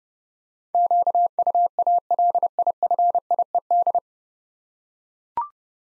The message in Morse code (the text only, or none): QUALIFIED